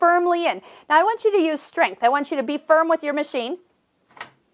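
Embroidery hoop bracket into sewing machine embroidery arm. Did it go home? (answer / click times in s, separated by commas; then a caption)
yes / 4.2 s. Someone talks while pushing the embroidery hoop's bracket firmly into the receiving slot on the embroidery arm of a Husqvarna Viking Topaz 20 sewing machine. After the talking stops, a sharp, short click at 4.2 s marks the hoop seating onto the machine arm.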